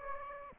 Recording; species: mosquito wingbeat signal from an infrared sensor; Aedes aegypti